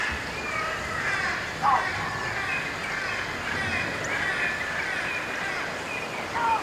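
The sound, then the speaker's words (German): A flock of colourful parrots in the trees of flooded forests keeps up a steady, dense chorus of harsh squawks and shrill chirps, overlapping without pause, with a few louder calls rising briefly above the din. “Auf den Bäumen aber, in den überschwemmten Wäldern, Affen und Schwärme bunter Papageien.”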